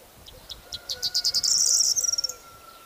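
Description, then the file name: Corn bunting song, scattered dry ticks quickening into a fast, glassy, jangling trill lasting about a second, with a faint steady low tone behind. "Stuart Fisher - Prosyanka Emberiza calandra"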